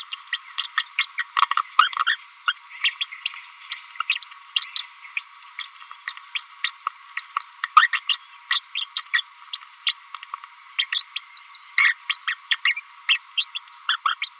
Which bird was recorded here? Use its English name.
Green-rumped Parrotlet